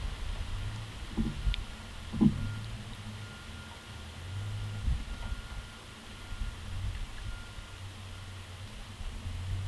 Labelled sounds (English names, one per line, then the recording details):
none
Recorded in pastures near Puerto Asís, Putumayo, Colombia, on 22 December 2024 at 12:30
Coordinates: 0.486, -76.323
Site GP01